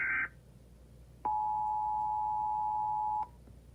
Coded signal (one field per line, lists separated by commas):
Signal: Emergency Alert System (SAME) tones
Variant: 853 and 960 Hz attention tone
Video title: 3/5/18 EAS - Edwin Inn Hotel